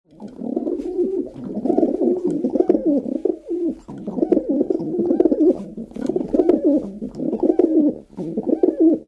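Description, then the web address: Pigeon cooing continuously, low throaty rolling coos that swell and break into phrases every second or two. "Звуковое лото дикие Голубь"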